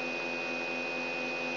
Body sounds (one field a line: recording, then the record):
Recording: brain microelectrode recording played as sound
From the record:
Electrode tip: outside the subthalamic nucleus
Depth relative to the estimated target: -8 mm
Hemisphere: left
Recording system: AlphaMap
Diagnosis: Parkinson's disease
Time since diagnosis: 9 years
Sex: female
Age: 46 years